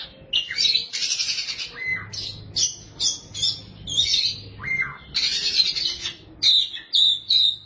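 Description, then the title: Oriental magpie-robin song of bright whistled phrases, buzzy high notes and dropping slurs, repeated in short bursts. "Suara Kicauan Burung Kacer"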